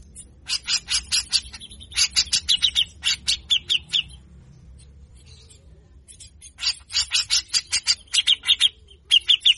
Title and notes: MASTERAN CUCAK JENGGOT GACOR FULL BESETAN KASAR. Burung cucak jenggot